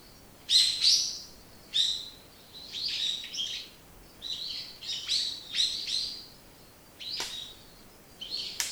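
Bird song: lively high chirped phrases of quick sweeping notes, given in repeated bursts.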